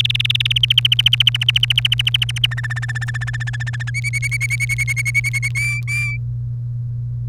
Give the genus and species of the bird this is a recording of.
Serinus canaria